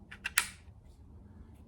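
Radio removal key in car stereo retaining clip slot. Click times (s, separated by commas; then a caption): 0.4 s. Radio removal keys are slid into the slots on each side of a car stereo, toward the outside, until they engage the stereo's retaining spring clips. Two faint scraping ticks come at 0.1 and 0.3 s, then a sharp, bright click at 0.4 s, followed by quiet low hum. The clips release and the stereo is ready to be pulled out.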